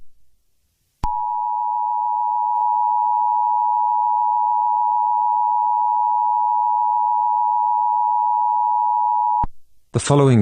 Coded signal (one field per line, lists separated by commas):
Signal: Emergency Alert System (SAME) tones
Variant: 853 and 960 Hz attention tone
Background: speech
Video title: EAS Scenario #10: Sonic.exe. Rampage.